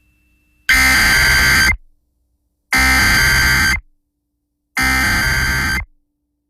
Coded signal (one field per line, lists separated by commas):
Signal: Emergency Alert System (SAME) tones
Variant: header bursts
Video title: BACK IN BUSINESS | EAS Alerts from 8/10/2022 (EAS #1313-1338)